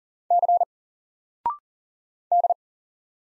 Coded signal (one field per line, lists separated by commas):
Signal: Morse code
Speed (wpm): 40 wpm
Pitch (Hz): 700 Hz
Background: none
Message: C D